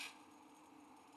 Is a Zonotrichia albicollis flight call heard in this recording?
no